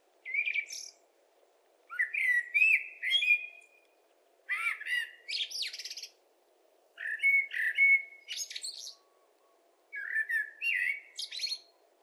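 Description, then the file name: Common blackbird singing several melodious phrases separated by pauses, each a soft fluty opening followed by a chattery high twitter. "Turdus merula"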